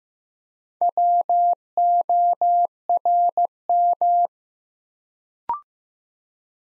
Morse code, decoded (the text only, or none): WORM